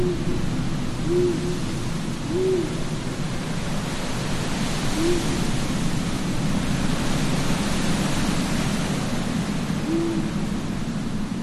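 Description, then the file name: Owl calling with several short hoots, a couple gently rising then falling, beneath a strong, steady wind. Several owls at night in a graveyard with wind. "zapsplat horror graveyard ambience night wind owls"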